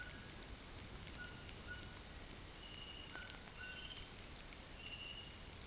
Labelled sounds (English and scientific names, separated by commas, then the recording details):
White-throated Toucan (Ramphastos tucanus)
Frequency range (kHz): White-throated Toucan (Ramphastos tucanus) 0.9-2.2 kHz
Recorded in dense forest near Puerto Asís, Putumayo, Colombia, on 23 June 2025 at 18:00
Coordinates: 0.503, -76.323
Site G059